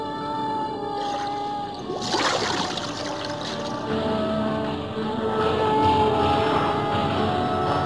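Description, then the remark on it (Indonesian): Water laps and washes steadily around a ship at sea, with a surge of splashing after the first couple of seconds over a low, continuous droning hum. “Di burit kapal, perempuan itu merenung menatap laut.”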